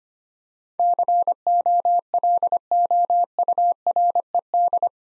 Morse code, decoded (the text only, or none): COLOURED